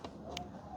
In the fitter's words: that, and then push up till it clicks. Just like that, 2 clicks, and